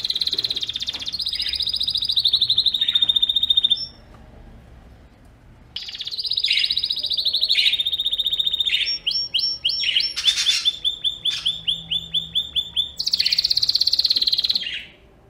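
Bird singing long, high, rapid buzzy trills, broken by a brief silence, then fast chattering repeated notes and another sustained trill.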